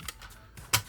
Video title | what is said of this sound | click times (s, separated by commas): Transformers Generation 1 G1 ULTRA MAGNUS! Bert The Stormtrooper Reviews! | and then that's going to lock into place. That tab is going to go into that port | 0.7 s